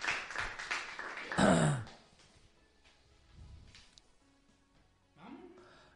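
A short burst of audience applause, dense overlapping claps for under two seconds, then it drops away to near quiet with faint scattered background sounds.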